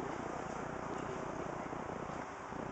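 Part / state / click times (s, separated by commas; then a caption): RAM module into motherboard memory slot / not seated / none. A RAM module is placed into the first memory slot on a motherboard, the one next to the processor, and lined up before it is pushed down. Only light handling sounds are heard over a steady low rumble. Nothing has seated or clicked yet.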